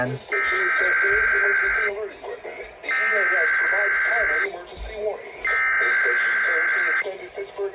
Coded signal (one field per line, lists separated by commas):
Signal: Emergency Alert System (SAME) tones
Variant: header bursts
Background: speech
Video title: EAS 1688-1690: KDKA EAS Test featuring some special guests :3